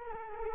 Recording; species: mosquito wingbeat signal from an infrared sensor; Culex quinquefasciatus